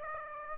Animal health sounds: mosquito wingbeat signal from an infrared sensor; Aedes aegypti

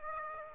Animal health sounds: mosquito wingbeat signal from an infrared sensor; Aedes aegypti

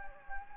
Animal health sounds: mosquito wingbeat signal from an infrared sensor; Anopheles gambiae

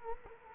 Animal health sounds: mosquito wingbeat signal from an infrared sensor; Culex quinquefasciatus

